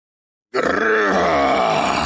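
A snow troll monster's roar bursts in after a half-second of silence, a deep, rough, harmonic growl that stays loud and sustained to the end as it moves away, with no voices.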